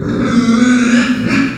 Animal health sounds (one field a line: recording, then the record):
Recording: squeal of a Yucatan mini pig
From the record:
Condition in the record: after surgery on the right vocal fold (resection and tissue-engineered implant)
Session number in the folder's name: 9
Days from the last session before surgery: 65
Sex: female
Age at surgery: 19 weeks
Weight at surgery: 25 kg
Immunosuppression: prednisolone